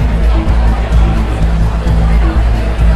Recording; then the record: background sound without coughing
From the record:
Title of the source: Party Noise 1 Hour Party Ambience